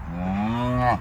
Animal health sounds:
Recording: contact call of a hoofed animal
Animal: cattle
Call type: low-frequency (closed-mouth) or high-frequency (open-mouth) call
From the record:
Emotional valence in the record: negative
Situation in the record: full separation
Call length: 1.01 s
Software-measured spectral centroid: 1310 Hz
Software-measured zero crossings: 940 a second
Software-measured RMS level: -24 dBFS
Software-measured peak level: -8 dBFS

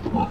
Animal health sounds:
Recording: contact call of a hoofed animal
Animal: wild boar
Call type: grunt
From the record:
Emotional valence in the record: negative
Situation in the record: naturally occurring agonistic interactions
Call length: 0.31 s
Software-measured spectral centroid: 1130 Hz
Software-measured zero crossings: 1070 a second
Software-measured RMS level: -24 dBFS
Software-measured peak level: -11 dBFS

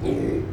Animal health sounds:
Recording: contact call of a hoofed animal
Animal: pig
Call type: closed-mouth grunt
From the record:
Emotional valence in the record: negative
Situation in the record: short social isolation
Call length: 0.53 s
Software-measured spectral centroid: 1340 Hz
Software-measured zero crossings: 750 a second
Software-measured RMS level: -24 dBFS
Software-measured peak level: -13 dBFS

